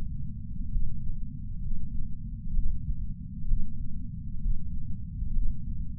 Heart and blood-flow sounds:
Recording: heart sounds by patch sensor on the chest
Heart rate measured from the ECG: 65 bpm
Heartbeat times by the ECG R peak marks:
0.70 s: heartbeat
1.61 s: heartbeat
2.52 s: heartbeat
3.47 s: heartbeat
4.40 s: heartbeat
5.32 s: heartbeat
From the record:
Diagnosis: coronary artery disease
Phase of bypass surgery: preoperative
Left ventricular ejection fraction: 61.7%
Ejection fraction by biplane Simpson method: 55%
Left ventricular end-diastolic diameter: 51 mm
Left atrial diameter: 36 mm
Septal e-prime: 7.9 cm/s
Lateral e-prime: 10.3 cm/s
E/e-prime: 9.8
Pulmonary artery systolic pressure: 23 mmHg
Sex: male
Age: 58 years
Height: 160 cm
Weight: 70 kg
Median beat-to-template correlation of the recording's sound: 0.83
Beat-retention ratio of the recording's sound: 0.99

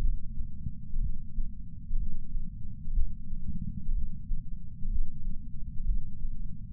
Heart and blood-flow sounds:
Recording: heart sounds by patch sensor on the chest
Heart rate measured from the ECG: 62 bpm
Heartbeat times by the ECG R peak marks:
0.99 s: heartbeat
1.96 s: heartbeat
2.92 s: heartbeat
3.92 s: heartbeat
4.88 s: heartbeat
5.84 s: heartbeat
From the record:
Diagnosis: coronary artery disease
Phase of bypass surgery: postoperative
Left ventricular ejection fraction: 68.2%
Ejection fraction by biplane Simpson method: 62.7%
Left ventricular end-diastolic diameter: 48 mm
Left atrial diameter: 40 mm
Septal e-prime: 8.6 cm/s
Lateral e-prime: 10.2 cm/s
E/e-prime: 10.9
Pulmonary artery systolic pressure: 38 mmHg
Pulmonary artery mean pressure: 18 mmHg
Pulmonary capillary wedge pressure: 11 mmHg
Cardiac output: 6.45 L/min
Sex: male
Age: 57 years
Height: 175 cm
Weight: 80 kg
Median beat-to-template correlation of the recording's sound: 0.76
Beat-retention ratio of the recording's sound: 0.99

